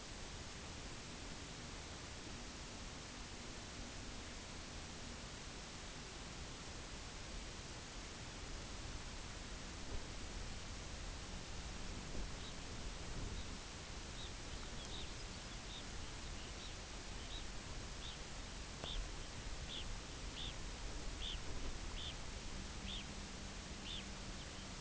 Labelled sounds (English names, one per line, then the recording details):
Red Phalarope
unidentified sound
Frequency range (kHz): Red Phalarope 1.4-5.2 kHz
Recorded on Arctic tundra, site UTQI-0, on 17 June 2019
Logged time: 18:00